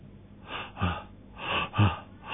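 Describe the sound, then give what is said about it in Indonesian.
A voice imitates labored gasping for breath after overeating: two strained, breathy inhales each followed by a short throaty catch, in a slow uneven rhythm, fairly loud with no talking. “Banyak orang yang ketika makan kekenyangan enggak bisa nafas. Sesek. Kata orang di sini, ngap.”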